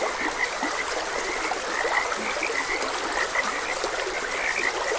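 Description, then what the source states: Frogs croak in bright, quick bursts, with a couple of lower notes, while water trickles and rushes steadily throughout. Frogs croaking beside a gentle stream.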